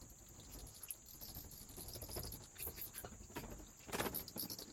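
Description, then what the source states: Bat wing flaps as a continuous rustling flutter with a sharper burst of beating near the end, a steady thin hiss running underneath. Wing flaps of bats recorded in a cave habitat.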